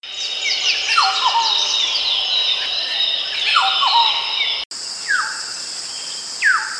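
Bird calls: several sharp downward-sweeping chirps over a dense, steady high hiss.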